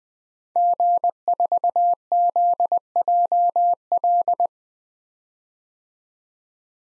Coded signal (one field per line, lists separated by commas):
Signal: Morse code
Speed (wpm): 21 wpm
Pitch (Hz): 700 Hz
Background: none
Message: G4ZJL